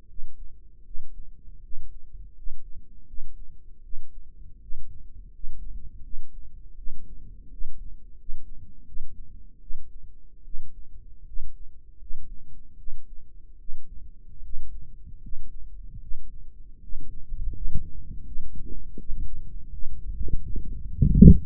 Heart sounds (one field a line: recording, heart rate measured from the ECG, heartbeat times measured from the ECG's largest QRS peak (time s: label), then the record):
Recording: heart sounds by microphone in the right ear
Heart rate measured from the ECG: 80 bpm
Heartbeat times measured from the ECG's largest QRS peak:
0.07 s: heartbeat
0.84 s: heartbeat
1.61 s: heartbeat
2.35 s: heartbeat
3.06 s: heartbeat
3.82 s: heartbeat
4.60 s: heartbeat
5.31 s: heartbeat
6.02 s: heartbeat
6.75 s: heartbeat
7.49 s: heartbeat
8.16 s: heartbeat
8.85 s: heartbeat
9.60 s: heartbeat
10.43 s: heartbeat
11.24 s: heartbeat
11.98 s: heartbeat
12.77 s: heartbeat
13.58 s: heartbeat
14.42 s: heartbeat
15.21 s: heartbeat
16.00 s: heartbeat
16.80 s: heartbeat
17.52 s: heartbeat
18.24 s: heartbeat
18.97 s: heartbeat
19.70 s: heartbeat
20.41 s: heartbeat
21.13 s: heartbeat
From the record:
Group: healthy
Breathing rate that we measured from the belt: 20 breaths a minute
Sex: female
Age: 22 years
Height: 163 cm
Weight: 67.1 kg